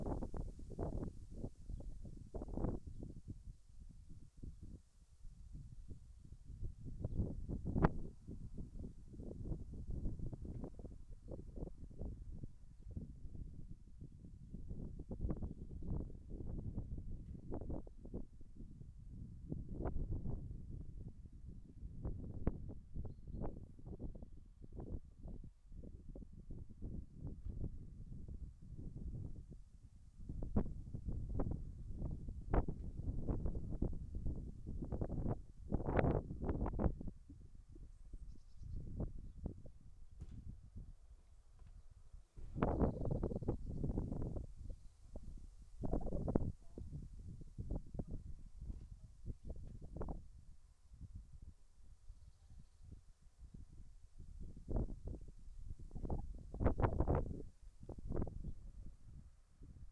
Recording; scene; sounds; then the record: everyday scene through a hearing-aid microphone; wind on the microphone; wind, other noises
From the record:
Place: in front of a rural house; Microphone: behind the ear, right, rear